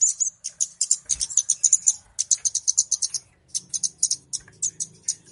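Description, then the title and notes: Flowerpecker chattering: thin, high ticks and chips packed into rapid runs with short pauses, a soft low hum underneath. Clear recording used as a lure (pikat). "Kicau Burung Kemade ( Cabe Cabean) Jernih. Suara Burung Cabe Cabean Pikat"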